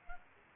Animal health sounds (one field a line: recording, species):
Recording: mosquito wingbeat signal from an infrared sensor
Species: Aedes aegypti